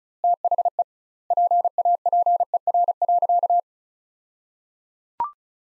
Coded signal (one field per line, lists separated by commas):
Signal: Morse code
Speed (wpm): 36 wpm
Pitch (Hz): 700 Hz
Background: none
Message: THE PAPER.